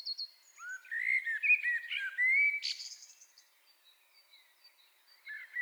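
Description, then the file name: Common blackbird giving one rich whistled phrase closing with a sharp high twitter, then quiet until a new phrase begins. "Turdus merula"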